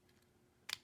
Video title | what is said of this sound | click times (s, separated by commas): WIRELESS MIC MOVO WMX 1 DUO REVIEW AND UNBOXING | as we click it into place so it goes right | 0.7 s